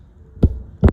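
A torque wrench is pulled again on a motorcycle clutch bolt during a Torini Supermaxx clutch install to double-check the tension. Two sharp, low-thudding clicks stand out over a faint hum at 0.4 s and 0.9 s, the second one louder. The wrench clicks at its setting, confirming the bolt is at torque.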